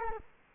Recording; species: mosquito wingbeat signal from an infrared sensor; Culex quinquefasciatus